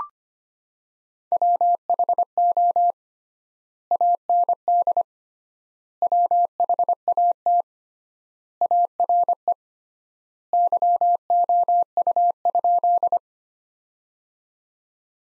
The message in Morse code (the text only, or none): WHO AND WHAT ARE YOU?